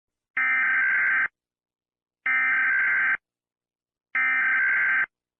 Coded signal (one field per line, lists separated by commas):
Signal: Emergency Alert System (SAME) tones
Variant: header bursts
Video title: Fake EAS - Alien Invasion Prank 2026 [No Comments]